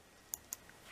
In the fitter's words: again another thin metal object you're going to hear a click